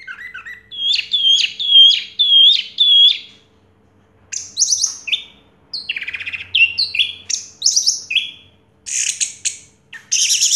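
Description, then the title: Orange-headed thrush song: a repeated whistled phrase given several times at first, followed by varied buzzy and trilled high phrases. Played to prompt a silent orange-headed thrush to start singing. "Anis Merah Macet.. Pancing Dengan Suara Ini.. # Anis Merah"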